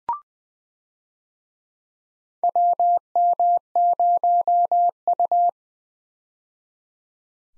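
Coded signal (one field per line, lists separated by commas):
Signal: Morse code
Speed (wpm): 20 wpm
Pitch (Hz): 700 Hz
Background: none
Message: WM0U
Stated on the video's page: Morse head-copy drill of US 4-character call signs at 20 wpm, each sent twice.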